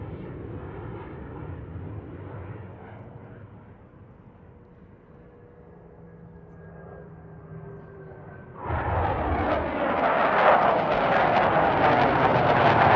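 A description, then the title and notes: A military jet passes by: for the first eight seconds there is only a low rumble with faint whining tones. Then at about nine seconds a loud, bright roar bursts in and keeps building, harsh, through the end. Blue Angels F/A-18 Hornet passby - two in succession. Back-and-forth all afternoon. Recorder: SD702 mid-side configuration mid: MKH8060 side: MKH30.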